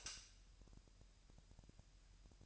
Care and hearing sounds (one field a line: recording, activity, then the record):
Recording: daily activity, microphone in the room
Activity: light off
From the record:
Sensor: 2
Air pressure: 1001.7 hPa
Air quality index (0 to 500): 244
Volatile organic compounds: 34 ppm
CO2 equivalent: 3031 ppm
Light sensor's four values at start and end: 9/25/10/10 and 4/10/4/4